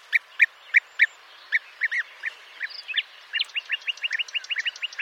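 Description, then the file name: European bee-eater calls: short rolling notes repeated in series, spaced at first, then a faster, even run of similar notes near the end. "Guepier d Europe"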